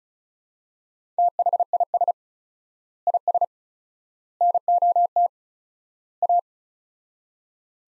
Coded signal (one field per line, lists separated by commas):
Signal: Morse code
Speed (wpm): 36 wpm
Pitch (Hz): 700 Hz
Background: none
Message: THIS IS NOT A